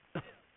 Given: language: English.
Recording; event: throat vibration sensor signal played as sound; cough